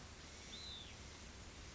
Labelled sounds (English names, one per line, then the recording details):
Hutton's Vireo
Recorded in Sonoma County, California